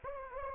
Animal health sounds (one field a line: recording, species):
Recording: mosquito wingbeat signal from an infrared sensor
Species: Anopheles arabiensis